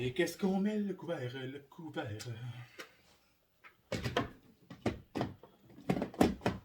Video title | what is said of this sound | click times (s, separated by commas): Pâtes au poulet a la sauce brocoli !! | Et voilà, bien enclenché. | 6.2 s